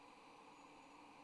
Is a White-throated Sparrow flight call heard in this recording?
no